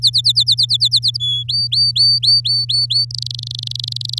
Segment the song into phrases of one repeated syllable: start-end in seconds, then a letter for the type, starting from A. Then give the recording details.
0.02-1.17 A, 1.20-1.43 B, 1.48-3.05 C, 3.10-4.19 D. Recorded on 8 May 2018 at 10:29. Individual llb16